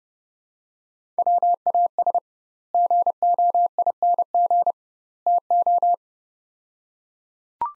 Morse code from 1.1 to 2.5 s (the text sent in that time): WAS